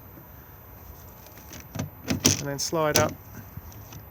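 A plastic vent cover is hooked in from the bottom and slid up into the vent on the outside wall of a 2021 Benimar Tessoro T413 caravan while someone talks. Light scraping and handling sounds are heard, with a few short, sharp taps between about 1.8 and 2.3 s. The cover is still being handled, and nothing has seated or clicked yet.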